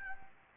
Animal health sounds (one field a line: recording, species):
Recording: mosquito wingbeat signal from an infrared sensor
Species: Anopheles gambiae